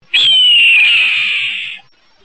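Red-tailed hawk giving one long, hoarse, raspy scream that starts high and slurs gently downward for over a second, then fades away.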